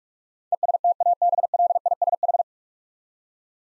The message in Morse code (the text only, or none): ESTABLISH